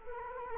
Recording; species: mosquito wingbeat signal from an infrared sensor; Culex quinquefasciatus